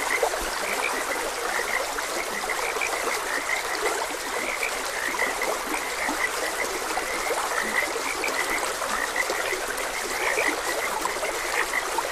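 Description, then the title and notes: Frog chorus of rapid overlapping croaks that never pause, set against the steady wash of a trickling stream. Frogs croaking beside a gentle stream. "Gentle Stream and Frogs Croaking - Calming Sounds of Nature. Sleep and Relaxation Podcast"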